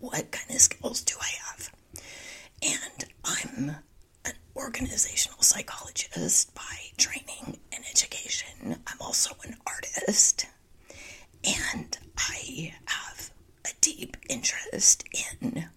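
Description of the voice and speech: Adult woman speaking in a largely whispered, breathy voice with only brief voiced stretches and frequent pauses, from spasmodic dysphonia. She is working to get back into the habit of not whispering.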